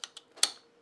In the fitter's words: that click right there I heard it